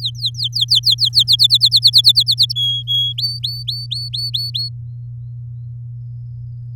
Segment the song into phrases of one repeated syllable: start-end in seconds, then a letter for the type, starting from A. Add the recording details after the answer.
0.00-1.23 A, 1.27-2.53 B, 2.56-3.13 C, 3.18-4.69 D. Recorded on 7 May 2018 at 13:44. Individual llb16